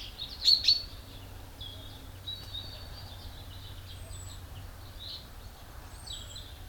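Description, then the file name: Common chaffinch uttering two quick, sharp high chips at the start, then only faint thin notes over a low background rumble. "Fringilla coelebs"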